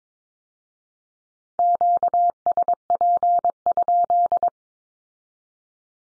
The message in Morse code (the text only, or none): QSP?